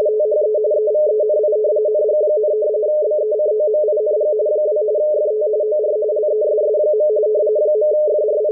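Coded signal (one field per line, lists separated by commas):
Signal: RTTY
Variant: 45 baud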